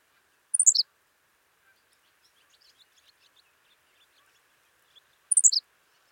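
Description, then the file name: Henslow's sparrow song repeated twice, short high stuttered phrases about five seconds apart, with faint soft ticking in between. "Ammodramus henslowii - Henslow's Sparrow"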